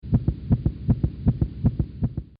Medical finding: Heartbeat.